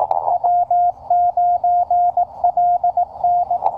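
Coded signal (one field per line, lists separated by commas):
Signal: Morse code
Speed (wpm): 18 wpm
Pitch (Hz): 710 Hz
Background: radio noise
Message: W9LN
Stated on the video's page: QRP Parks on the Air activation on 20m with a QCX Mini at 5W into a Packtenna EFHW.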